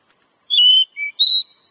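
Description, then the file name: Oriental magpie-robin whistles: three clear notes, a level whistle, a lower brief tone, then a higher sustained whistle, all within about a second. Lure call for attracting birds. "suara kacer pikat"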